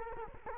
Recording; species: mosquito wingbeat signal from an infrared sensor; Culex quinquefasciatus